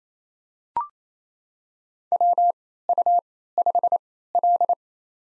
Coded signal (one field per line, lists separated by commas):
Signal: Morse code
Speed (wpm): 27 wpm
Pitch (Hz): 700 Hz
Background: none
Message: WU5L